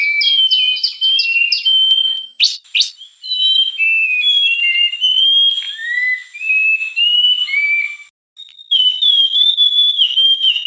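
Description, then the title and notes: Bird singing a quick burst of buzzy chirps, then a string of slow, sliding whistles rising and falling, with a short pause before more whistled phrases. Bird song described as having a melodious voice. "ND Burung. Nada Dering Burung Dengan Suara Merdu"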